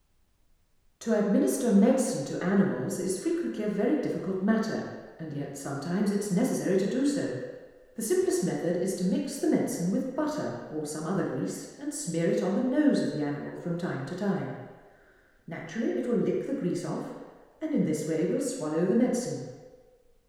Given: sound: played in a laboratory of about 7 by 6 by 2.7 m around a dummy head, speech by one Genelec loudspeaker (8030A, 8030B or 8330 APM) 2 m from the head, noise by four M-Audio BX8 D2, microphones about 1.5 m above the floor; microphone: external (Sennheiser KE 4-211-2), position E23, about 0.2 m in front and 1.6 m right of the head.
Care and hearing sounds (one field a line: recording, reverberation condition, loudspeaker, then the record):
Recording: female speech in English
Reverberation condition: high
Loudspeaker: 120 degrees to the right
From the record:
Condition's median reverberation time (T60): about 1300 ms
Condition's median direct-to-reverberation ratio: about -4.0 dB